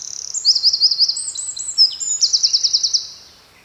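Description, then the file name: Eurasian wren song: shrill rippling trills and crisp notes in a rapid burst, a strong trill near the end, then a quiet tail. "Troglodytes troglodytes"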